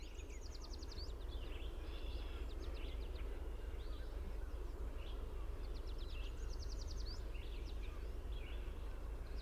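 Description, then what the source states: Song sparrow song, a varied phrase of introductory notes and buzzy trills, heard more than once over steady low rumbling background noise. Recorded 22 June 2001 at PW Slough.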